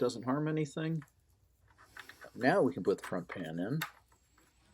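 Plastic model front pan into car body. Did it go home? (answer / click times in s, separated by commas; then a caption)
no / none. Someone talks while handling a plastic front pan to fit it into a 1/25 scale model car body, with a few faint soft ticks and taps at about 1.7, 2.0, 2.1, 4.1, 4.4 and 4.7 seconds. Nothing has seated or clicked into place yet.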